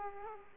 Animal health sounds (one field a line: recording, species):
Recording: mosquito wingbeat signal from an infrared sensor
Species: Aedes aegypti